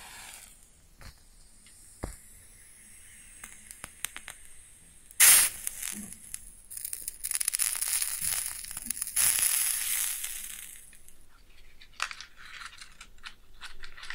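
A match is struck close up with a sharp, bright scrape and flare just after five seconds, preceded by scattered small ticks and clicks. Fizzing crackles and sizzles follow, swelling again around nine seconds, then fade to a few faint snaps near the end.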